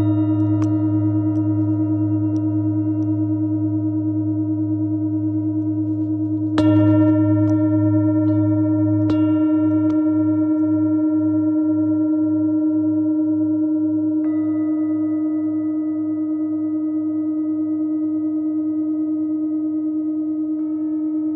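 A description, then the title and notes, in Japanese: A singing bowl rings in a steady, layered hum, struck again near seven seconds, its low tone pulsing in slow, even waves afterward. メキシコ-カンクンより サンライズサウンドヒーリングの中継ライブをしました。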